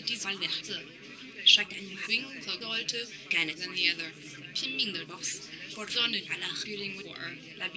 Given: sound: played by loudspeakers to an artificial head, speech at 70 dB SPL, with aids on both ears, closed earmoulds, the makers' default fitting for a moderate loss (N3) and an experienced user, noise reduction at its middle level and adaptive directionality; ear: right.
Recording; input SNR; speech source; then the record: speech test signal (ISTS) in cocktail-party noise; +3 dB; in front (0 degrees)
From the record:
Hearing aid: class 2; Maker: J